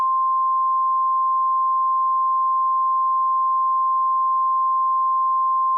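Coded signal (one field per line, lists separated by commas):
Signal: Emergency Alert System (SAME) tones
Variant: 1050 Hz attention tone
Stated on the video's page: Mock EAS earthquake warning.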